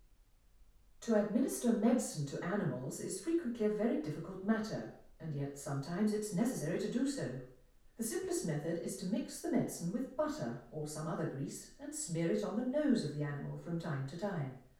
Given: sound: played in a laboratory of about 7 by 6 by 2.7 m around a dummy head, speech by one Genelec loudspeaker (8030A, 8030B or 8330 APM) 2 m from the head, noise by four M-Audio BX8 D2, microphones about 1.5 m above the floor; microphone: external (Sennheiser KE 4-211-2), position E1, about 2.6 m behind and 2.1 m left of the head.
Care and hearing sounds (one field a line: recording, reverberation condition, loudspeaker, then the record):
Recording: female speech in English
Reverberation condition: medium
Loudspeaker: 60 degrees to the left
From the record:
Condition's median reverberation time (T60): about 510 ms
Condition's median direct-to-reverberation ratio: about -0.5 dB